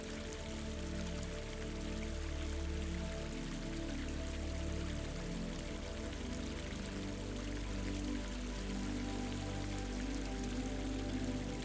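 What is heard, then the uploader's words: A stream rushes steadily with a dense, bright hiss and fine spattering that never lets up. Beneath it, soft music holds low, sustained tones and gentle chords that shift slowly, and the overall level stays even from start to finish. Relaxing Sound of a STREAM and Soft MUSIC.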